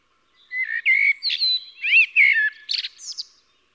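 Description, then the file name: Eurasian blackbird song: a full, clear phrase of mellow flute-like whistles, some rising and falling, closing with a thin, squeaky, high twitter. "Koltrast"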